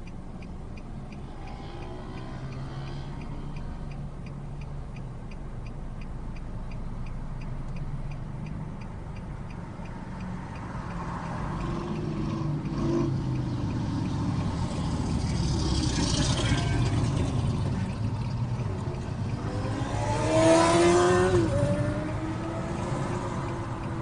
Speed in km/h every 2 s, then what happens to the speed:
0, 0, 0, 0, 0, 0, 0, 0, 0, 0, 0, 0.
0-24 standing.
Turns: none.